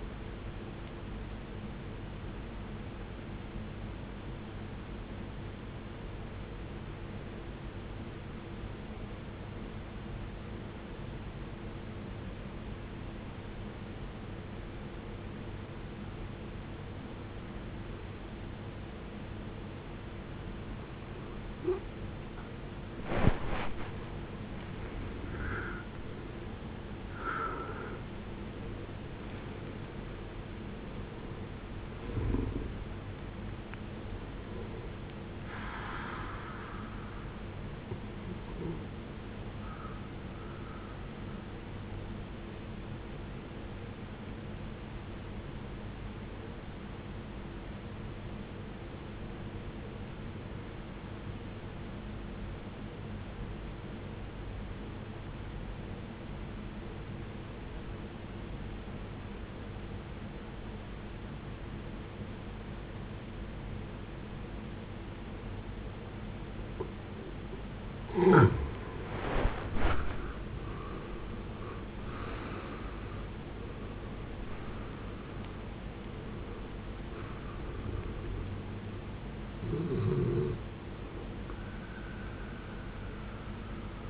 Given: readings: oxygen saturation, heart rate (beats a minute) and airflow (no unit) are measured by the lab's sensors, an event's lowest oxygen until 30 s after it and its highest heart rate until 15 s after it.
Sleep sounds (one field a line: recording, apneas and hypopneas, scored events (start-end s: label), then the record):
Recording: breathing in sleep by a voice recorder at the bedside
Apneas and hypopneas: 2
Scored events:
6.00-22.40 s: obstructive apnea (N1, oxygen 91% highest, then 77% lowest, heart rate 53 at the start, 80 highest)
47.00-67.90 s: obstructive apnea (N1, oxygen 95% highest, then 73% lowest, heart rate 66 at the start, 83 highest)
From the record:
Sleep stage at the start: N1 (lightest sleep)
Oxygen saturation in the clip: 75 to 95%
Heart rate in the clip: 52 to 83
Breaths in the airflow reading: 11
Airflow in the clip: -19.1 to 16.3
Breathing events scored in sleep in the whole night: 389 in 6.3 hours asleep